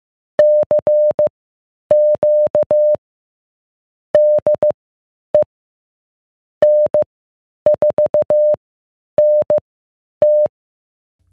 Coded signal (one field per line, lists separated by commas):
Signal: Morse code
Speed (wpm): 15 wpm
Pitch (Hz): 600 Hz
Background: none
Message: CQ DE N4NT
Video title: Getting Started in Ham Radio: A Beginner's Guide